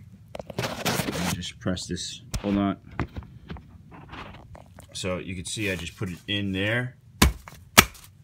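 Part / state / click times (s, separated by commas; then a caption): bassinet frame tube into plastic corner connector / seated / 7.2 s, 7.8 s. While a bassinet changer is being assembled, a frame tube is pushed into a plastic corner connector as someone talks. Two sharp snaps ring out at 7.2 s and 7.8 s, and the frame piece is seated in the connector.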